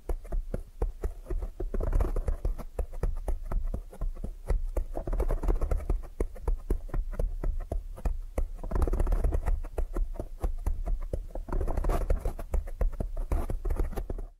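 Dense, quick tapping and light patter continues throughout, swelling in brief waves and shifting fuller around two, nine and twelve seconds.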